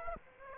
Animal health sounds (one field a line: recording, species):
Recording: mosquito wingbeat signal from an infrared sensor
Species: Aedes aegypti